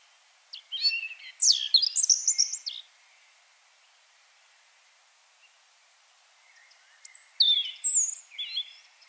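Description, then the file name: European robin song: a sparkling, high warbled phrase, a long pause, then a second high phrase. "Erithacus rubecula"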